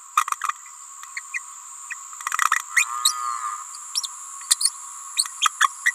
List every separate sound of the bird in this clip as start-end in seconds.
0.16-0.24, 1.16-1.21, 1.33-1.39, 1.90-1.94, 2.76-2.85, 3.04-3.13, 3.95-4.01, 4.03-4.07, 4.50-4.56, 4.60-4.70, 5.16-5.25, 5.41-5.50, 5.60-5.67, 5.85-5.93